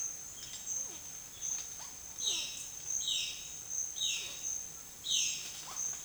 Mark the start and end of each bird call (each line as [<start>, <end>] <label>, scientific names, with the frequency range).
[2.12, 5.58] Cyanocorax violaceus (2.1-4.6 kHz)